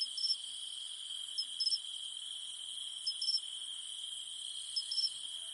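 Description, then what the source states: Cicada humming: a steady high drone without pause, with short bright chirps breaking through roughly every one and a half seconds. In the mountains at night; only the humming of cicadas remains.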